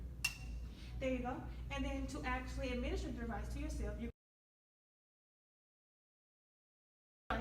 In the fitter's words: and that will activate it. You will hear a click.